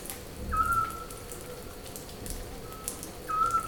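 Scops owl giving two brief whistled notes about three seconds apart, with a fainter tone between and soft patter in the background.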